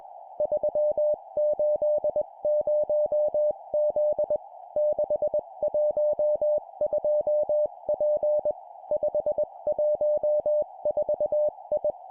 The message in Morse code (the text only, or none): 380Z 612P 514I